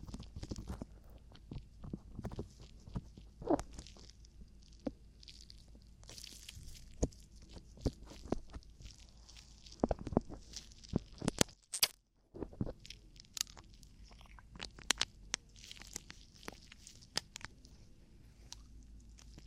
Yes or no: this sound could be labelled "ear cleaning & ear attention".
yes